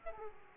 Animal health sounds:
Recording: mosquito wingbeat signal from an infrared sensor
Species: Aedes aegypti

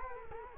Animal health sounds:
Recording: mosquito wingbeat signal from an infrared sensor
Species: Culex quinquefasciatus

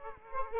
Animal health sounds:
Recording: mosquito wingbeat signal from an infrared sensor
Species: Aedes aegypti

